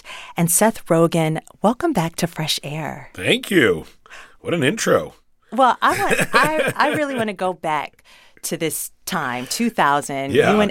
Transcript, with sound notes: And Seth Rogen, welcome back to FRESH AIR.
Thank you. What an intro (laughter).
Well, I really want to go back to this time, 2000.